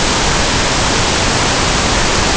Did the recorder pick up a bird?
no